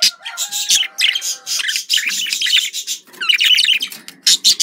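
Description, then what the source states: Budgerigar warble: dense buzzy chattering with a faint steady whistle-like tone underneath during the first half. Described as a budgerigar love sound.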